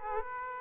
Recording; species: mosquito wingbeat signal from an infrared sensor; Aedes aegypti